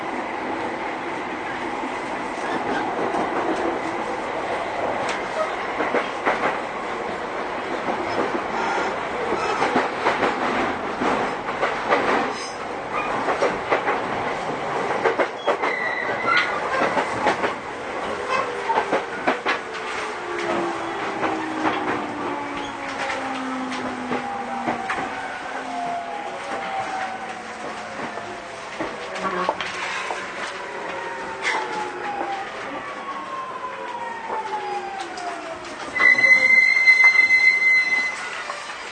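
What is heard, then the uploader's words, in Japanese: A JR 209-series commuter train runs with a steady rumble and frequent clicking from the wheels on the rails. From about halfway through, the motor whine falls in pitch as the train slows and brakes. Near the end, a short bright chime sounds. JR209系 秋葉原〜新宿。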